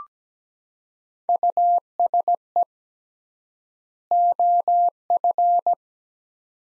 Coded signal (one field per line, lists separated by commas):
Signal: Morse code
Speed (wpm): 17 wpm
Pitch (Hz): 700 Hz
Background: none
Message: USE OF